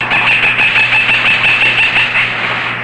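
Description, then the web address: Cooper's hawk calling in a rapid, even series of short, sharp notes over a steady low hum and background noise. Recorded in northwestern California. "nwcal COHA"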